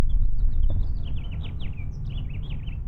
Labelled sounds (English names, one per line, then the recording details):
House Finch song
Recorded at Neponsit on Long Island, New York, on 4 June 1975
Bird E